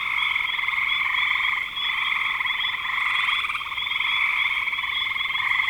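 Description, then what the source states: Frogs trilling together in a continuous chorus, a short quiet dip near two seconds, otherwise steady. Frogs recorded in spring 2025.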